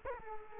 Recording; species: mosquito wingbeat signal from an infrared sensor; Culex quinquefasciatus